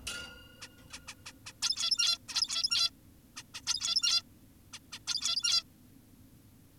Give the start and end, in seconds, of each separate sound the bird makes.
0.61-0.69, 0.93-0.99, 1.07-1.15, 1.26-1.33, 1.46-1.53, 1.62-2.18, 2.29-2.91, 3.37-3.43, 3.54-3.62, 3.67-4.23, 4.74-4.79, 4.93-4.99, 5.08-5.63